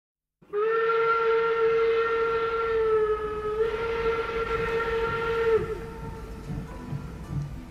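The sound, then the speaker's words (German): A steam train whistle on the Trans-Siberian Railway blows one long, steady, shrill note for about five seconds, then cuts off, leaving a rumbling hiss of the moving train underneath. “Die transsibirische Eisenbahn.”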